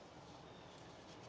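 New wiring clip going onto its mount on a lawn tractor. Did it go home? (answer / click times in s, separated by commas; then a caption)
no / none. A new wiring clip, with its locking tab bent back up so it will lock, is handled at its mount on a John Deere 455 diesel lawn tractor that won't start. Only a steady, even broadband noise is heard, with no distinct click. Nothing has seated or clicked yet.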